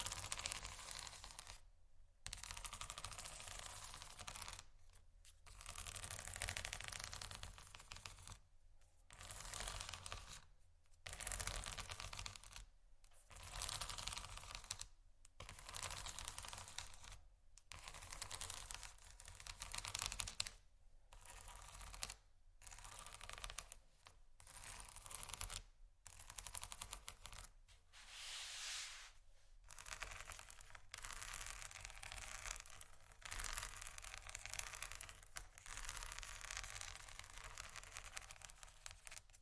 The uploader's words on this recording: ASMR Scratching Bumpy Items No Talking Rode Mics.